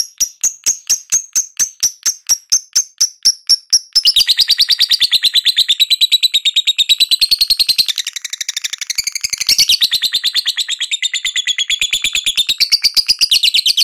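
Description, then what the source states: Lovebird ngekek trill, opening with evenly spaced high ticking notes, then breaking into a long dense shrill chatter that wavers up and down. Lovebird ngekek trill, described as auto gacor.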